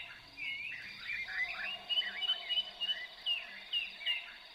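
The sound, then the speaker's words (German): In a forest, a dense chorus of chirping birds over a steady, high insect drone, with long, echoing calls of a few baboons running beneath, and bursts of sharp, repeated chirps recurring throughout. “Es war eine einzigartige Mischung, wobei die lang widerhallenden Stimmen der wenigen Paviane einen unheimlichen Kontrast bildeten zu den trockenen, nicht hallenden Rufen der vielen Insekten und Vögel.”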